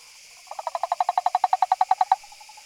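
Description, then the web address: Frog calling in a rapid pulsed series of many short notes, rising in volume then ending abruptly, with faint trailing notes after. Recorded 18 August 2013. "frog rec 20130818"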